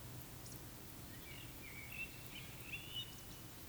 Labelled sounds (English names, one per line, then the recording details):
Eurasian Woodcock whistle
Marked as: whistle, whistle
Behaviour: display flight
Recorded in Baden-Württemberg, Germany, on 13 June 2021 at 19:46 UTC
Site 23718, 552 m above sea level